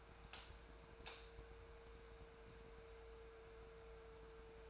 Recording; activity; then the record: daily activity, microphone in the room; light on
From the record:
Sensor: 2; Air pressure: 1014.5 hPa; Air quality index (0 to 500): 175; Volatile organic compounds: 11 ppm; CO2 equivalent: 2312 ppm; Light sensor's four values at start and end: 16/40/17/18 and 19/51/21/22